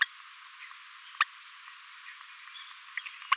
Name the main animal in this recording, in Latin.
Forpus passerinus